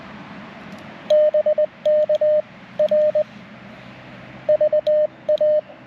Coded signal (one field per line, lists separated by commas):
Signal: Morse code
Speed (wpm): 20 wpm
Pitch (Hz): 610 Hz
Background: radio noise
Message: BK R VA